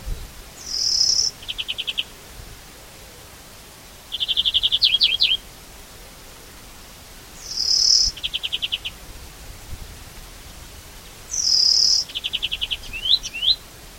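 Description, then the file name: European greenfinch repeating high buzzy notes followed by rattling trills and quick twisting notes, several phrases spread throughout. "Chloris chloris"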